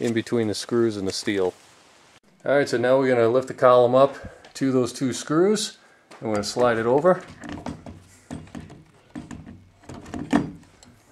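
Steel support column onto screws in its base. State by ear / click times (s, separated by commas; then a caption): seated / 10.4 s. Someone talks while a steel lally column is lifted onto two screws set in its base, with a little plastic wrapping placed between the screws and the steel for spacing. The column is then slid over the screws, producing a series of short knocks and thunks. It locks into place with the loudest thunk at 10.4 s.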